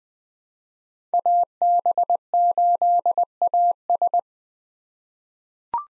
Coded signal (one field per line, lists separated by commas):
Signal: Morse code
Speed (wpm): 20 wpm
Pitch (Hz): 700 Hz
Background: none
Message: AB8AS